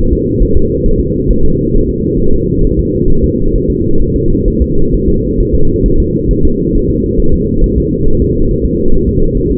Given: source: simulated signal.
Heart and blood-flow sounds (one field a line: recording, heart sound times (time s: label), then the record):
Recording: fetal heart sounds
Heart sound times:
0.13 s: S2
0.43 s: S1
0.57 s: S2
0.86 s: S1
1.00 s: S2
1.30 s: S1
1.45 s: S2
1.75 s: S1
1.89 s: S2
2.20 s: S1
2.34 s: S2
2.65 s: S1
2.79 s: S2
3.10 s: S1
3.24 s: S2
3.56 s: S1
3.70 s: S2
4.02 s: S1
4.16 s: S2
4.48 s: S1
4.62 s: S2
4.94 s: S1
5.09 s: S2
5.40 s: S1
5.55 s: S2
5.86 s: S1
6.00 s: S2
6.31 s: S1
6.45 s: S2
6.76 s: S1
6.90 s: S2
7.20 s: S1
7.34 s: S2
7.64 s: S1
7.78 s: S2
8.08 s: S1
8.22 s: S2
8.51 s: S1
8.66 s: S2
8.95 s: S1
9.09 s: S2
9.37 s: S1
9.51 s: S2
From the record:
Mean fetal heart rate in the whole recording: 135 bpm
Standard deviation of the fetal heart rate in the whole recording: 3 bpm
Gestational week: 36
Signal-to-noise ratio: -19.1 dB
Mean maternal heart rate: 72 bpm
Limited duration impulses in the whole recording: present